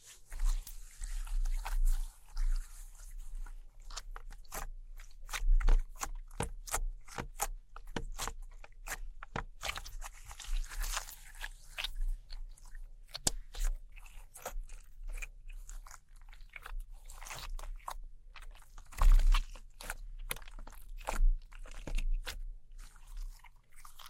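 Glow sticks, slime, sticky tape and scissors are handled in a dense run of sharp crackles and crunchy clicks that keep coming throughout. A sticky, scraping hiss rises and fades between the clicks, and a low rumble swells with louder bursts near 6 and 19 seconds.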